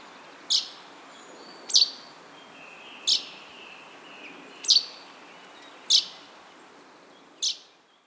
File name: Fringilla coelebs